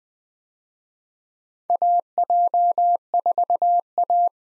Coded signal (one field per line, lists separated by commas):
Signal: Morse code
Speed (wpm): 20 wpm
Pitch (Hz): 700 Hz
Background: none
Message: AJ4A